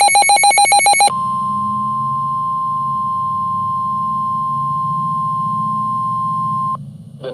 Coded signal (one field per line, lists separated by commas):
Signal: Emergency Alert System (SAME) tones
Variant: 1050 Hz attention tone